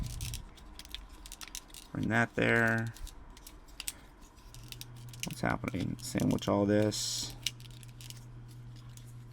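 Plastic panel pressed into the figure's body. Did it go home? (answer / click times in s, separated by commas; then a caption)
partly / 7.5 s. Plastic panels on a Transformers Legacy Voyager Class Armada Starscream action figure are sandwiched together and pressed into the figure's body during its transformation, with small plastic clicks and rattles while someone talks. The firmest press lands at 7.5 s, but the panels are left not fully pressed together.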